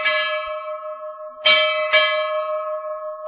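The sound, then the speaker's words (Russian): A ship's brass bell is struck several times in quick succession, each bright metallic clang layering over the sustained, shimmering ring of the last. No voices are heard. “Проснулись от частых медных ударов. Это бил восставшийся от дюка корабельный колокол”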